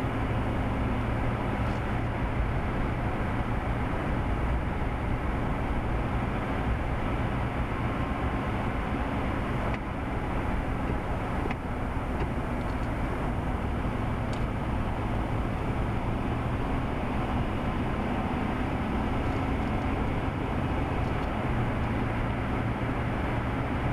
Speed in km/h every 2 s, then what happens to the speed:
63, 63, 63, 61, 60, 55, 53, 53, 55, 60, 63, 64.
0-5 steady at about 63. 5-11 slows to 53. 15-24 speeds up to 64.